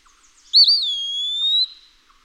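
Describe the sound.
Eastern wood-pewee song: a single drawn-out whistle with a quick wavering onset, then a long, smooth note rising slightly.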